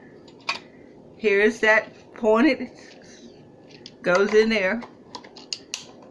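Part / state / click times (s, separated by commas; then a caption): slicing blade into food slicer housing / seated / 5.5 s, 5.7 s. A second plastic blade insert with a pointed end is pushed into a food slicer housing while someone talks. A few light clicks and taps follow, and the blade seats with sharp clicks at 5.5 s and 5.7 s.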